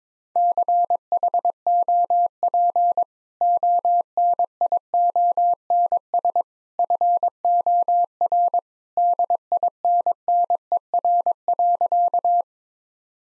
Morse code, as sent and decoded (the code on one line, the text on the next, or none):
-.-. .... --- .--. / --- -. .. --- -. ... / ..-. --- .-. / -.. .. -. -. . .-. .-.-.-
CHOP ONIONS FOR DINNER.